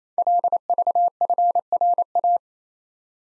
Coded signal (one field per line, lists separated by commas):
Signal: Morse code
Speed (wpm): 29 wpm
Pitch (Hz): 700 Hz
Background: none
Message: LVFRA